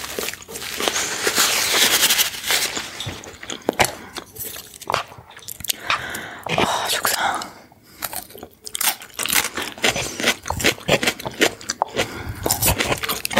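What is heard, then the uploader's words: Crisp crunching and wet chewing from eating food, with frequent sharp bites and soft mouth sounds. ASMR CHINESE FOOD. MUKBANG ASMR.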